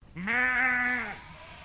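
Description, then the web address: Dorper sheep giving a single rich baa, steady in pitch for about a second. Dorper breed. "Sound Effects-Foundation 1 ANIMAL SHEEP DORPER BAA"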